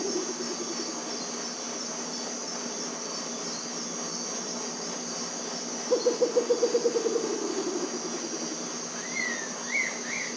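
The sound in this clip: Bare-legged owl giving a short, low pulsed trill of many quick notes, with steady insect buzzing throughout and a few higher arched whistles at the end.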